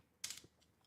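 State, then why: Released. A screw cap is twisted on a big non-alcoholic drink bottle from Trader Joe's. A single sharp click at 0.2 s as the cap breaks open runs into a short bright crackle, followed by a soft low knock and faint ticks. The cap is released and the bottle is open.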